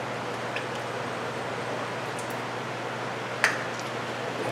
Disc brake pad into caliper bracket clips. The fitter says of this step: pops right in